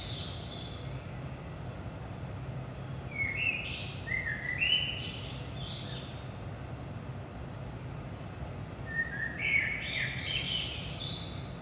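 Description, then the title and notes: Common blackbird delivering two unhurried fluty phrases several seconds apart, each rising into shrill twittering flourishes, with constant low rumble beneath. Recorded at 5 am, early morning, in Saint-Gilles, Belgium, with a DPA 4060 pair in AB position into a Zoom F3. "Saint-Gilles, Belgique - 5am Blackbird. Blackbird in the morning. Merle au petit matin"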